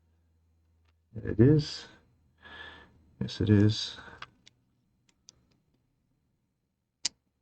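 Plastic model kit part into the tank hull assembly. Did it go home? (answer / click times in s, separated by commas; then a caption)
yes / 7.1 s. A plastic part of a Tamiya 1/35-style scale model kit of a Panzerkampfwagen IV Ausf. G German Panzer tank (Kit No. 35378) is pressed onto the tank hull assembly. Someone talks for the first few seconds, then faint small ticks follow between about 4.2 and 5.5 s. A sharp, confident little click at 7.1 s marks the part snapping into position, seated.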